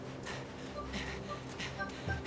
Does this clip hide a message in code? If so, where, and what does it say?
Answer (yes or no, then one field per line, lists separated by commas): no